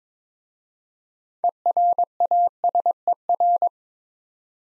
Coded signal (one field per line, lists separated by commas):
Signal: Morse code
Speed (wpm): 22 wpm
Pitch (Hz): 700 Hz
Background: none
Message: ERASER